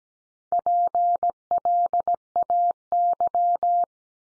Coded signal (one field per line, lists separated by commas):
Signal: Morse code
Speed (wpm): 17 wpm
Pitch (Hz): 700 Hz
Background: none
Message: PLAY